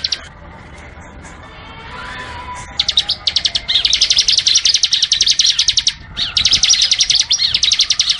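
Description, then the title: Bar-winged prinia song: after a quiet start, fast series of piercing high chirps build into long, loud rattling trills with one short break. Training (master) recording from 2019 featuring two varieties, semi and crystal. "Masteran 2019 Cisem Ciblek Semi Dan Cikris Ciblek Kristal"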